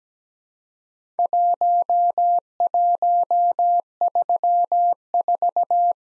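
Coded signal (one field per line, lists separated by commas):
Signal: Morse code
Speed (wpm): 17 wpm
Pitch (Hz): 700 Hz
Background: none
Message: 1134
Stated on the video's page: Worked All Europe DX Contest QTC exchange practice at 17 wpm, with simulated repeat requests.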